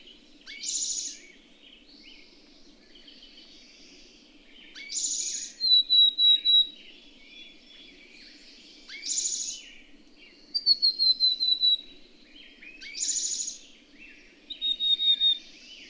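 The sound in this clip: Birdsong alternating rough hissing bursts with quick runs of thin, high, slightly falling whistles, about four cycles, over a faint background of small chirps.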